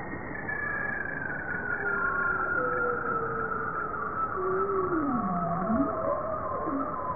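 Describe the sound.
Bowhead whale making long tonal moans that glide slowly, one dipping low and rising back, several overlapping, over a constant rumbling underwater noise.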